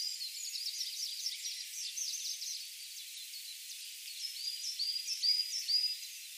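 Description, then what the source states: Tree pipit song: a quieter run of high, rapidly repeated notes, phrases shifting in pitch and speed, with later upward-flicking notes against a soft hiss. Recorded 23 April 2013.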